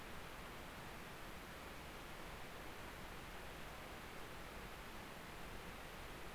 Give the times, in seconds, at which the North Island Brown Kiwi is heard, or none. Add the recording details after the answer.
none. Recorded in New Zealand on 19 October 2013. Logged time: 01:58. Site CR37